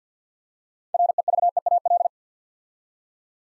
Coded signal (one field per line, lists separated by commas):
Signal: Morse code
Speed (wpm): 48 wpm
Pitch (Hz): 700 Hz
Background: none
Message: REVEAL